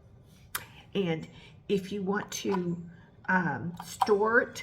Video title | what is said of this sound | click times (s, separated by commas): Do you want soft, glowing skin? SONICSMOOTH by Michael Todd Beauty | push till it clicks and then it comes out | 0.6 s